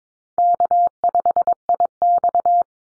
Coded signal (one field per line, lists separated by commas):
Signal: Morse code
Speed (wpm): 22 wpm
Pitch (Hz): 700 Hz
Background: none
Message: K5IX